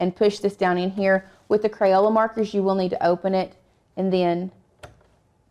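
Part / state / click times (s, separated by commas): marker into cutting machine accessory clamp / seated / 4.8 s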